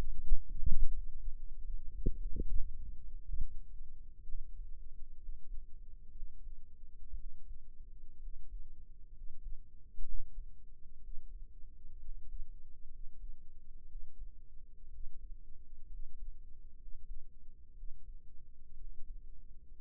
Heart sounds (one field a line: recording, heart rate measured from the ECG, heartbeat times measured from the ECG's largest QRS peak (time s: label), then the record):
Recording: heart sounds by microphone in the right ear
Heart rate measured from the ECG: 63 bpm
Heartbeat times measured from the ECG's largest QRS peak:
0.63 s: heartbeat
1.34 s: heartbeat
2.17 s: heartbeat
3.21 s: heartbeat
4.24 s: heartbeat
5.17 s: heartbeat
6.11 s: heartbeat
7.15 s: heartbeat
8.19 s: heartbeat
9.11 s: heartbeat
10.03 s: heartbeat
11.00 s: heartbeat
12.00 s: heartbeat
12.89 s: heartbeat
13.86 s: heartbeat
14.89 s: heartbeat
15.88 s: heartbeat
16.76 s: heartbeat
17.74 s: heartbeat
18.75 s: heartbeat
19.73 s: heartbeat
From the record:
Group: healthy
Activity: rest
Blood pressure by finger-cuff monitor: 104/63 mmHg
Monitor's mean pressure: 77 mmHg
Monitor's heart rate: 63 bpm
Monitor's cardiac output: 6 L/min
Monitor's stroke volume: 94 mL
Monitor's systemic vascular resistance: 930 dyn s/cm5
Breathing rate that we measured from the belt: 16 breaths a minute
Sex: male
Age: 22 years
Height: 181 cm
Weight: 79 kg